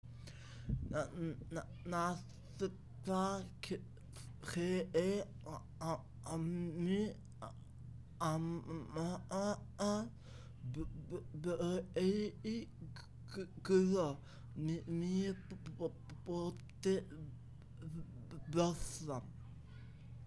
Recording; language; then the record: elicited speech; Bengali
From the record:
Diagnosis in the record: Broca's or global aphasia after a stroke